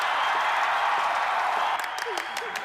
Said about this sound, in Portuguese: Mas ela não vai deixar que isso a impeça de fazer o que mais adora, que é cantar para vocês. Peço uma salva de palmas para a minha linda afilhada, Miley Stewart!